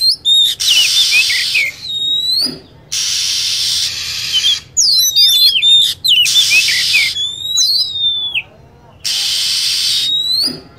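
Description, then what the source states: Lovebird calls: frequent high squeaky chirps, some in rapid chattering runs, alternating with bursts of broad hissing noise. Lure sound for attracting birds.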